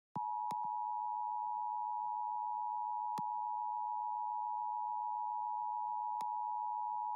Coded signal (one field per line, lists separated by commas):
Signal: Emergency Alert System (SAME) tones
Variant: 853 and 960 Hz attention tone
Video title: LIVE AM/MW DX: DX Central Live - S. 3, Ep. 25 | Friday, April 14, 2023